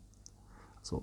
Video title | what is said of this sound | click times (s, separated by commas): Redmi Note 15: How to insert the SIM card? Installation of the nano SIM cards (Tutorial) | until a little click noise and this is how to look like then. | 0.3 s